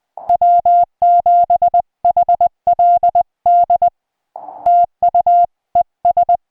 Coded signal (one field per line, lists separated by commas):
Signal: Morse code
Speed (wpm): 20 wpm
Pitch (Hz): 700 Hz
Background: music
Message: W7HLD TU ES